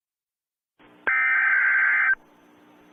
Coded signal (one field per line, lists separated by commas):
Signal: Emergency Alert System (SAME) tones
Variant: header bursts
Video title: IT (pennywise) EAS mini scenario- Terror in Dairy Maine